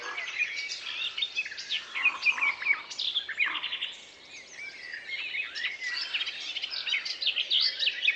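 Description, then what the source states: Chorus of many birds giving high chirps, trills and short whistles, varying in loudness, with no low notes. Forest ambience.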